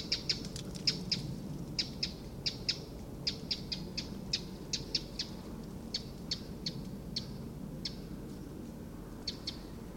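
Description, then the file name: Eurasian wren calling with hard clicking ticks, often doubled or tripled, repeated unevenly throughout against faint low background noise. "Troglodytes troglodytes"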